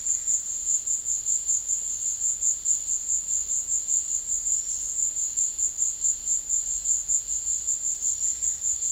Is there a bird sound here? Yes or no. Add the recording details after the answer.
no. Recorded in pastures near Puerto Asís, Putumayo, Colombia, on 28 February 2025 at 14:30. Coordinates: 0.502, -76.324. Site GP07